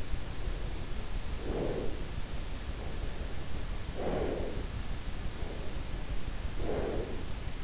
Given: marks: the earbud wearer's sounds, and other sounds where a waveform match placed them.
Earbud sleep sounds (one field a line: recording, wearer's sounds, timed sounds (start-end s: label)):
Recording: sounds in sleep by an in-ear microphone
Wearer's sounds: breath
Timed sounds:
0.14-2.29 s: breath
2.59-4.97 s: breath
5.26-7.55 s: breath